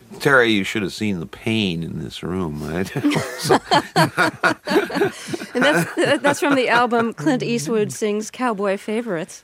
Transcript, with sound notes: Terry, you should have seen the pain in this room, right?
(LAUGHTER)
And that's from the album "Clint Eastwood Sings Cowboy Favorites."